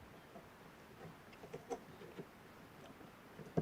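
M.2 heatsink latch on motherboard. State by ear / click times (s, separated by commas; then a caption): not seated / none. Someone presses down on a toolless M.2 SSD heatsink on a motherboard, trying to get its dial or knob latch to spring into the locked position. Only soft, faint taps and rustles are heard, around 1.5, 1.7 and 2.2 seconds, with a slightly louder knock at the very end. Something is stopping the latch, so it fails to lock and nothing has clicked yet.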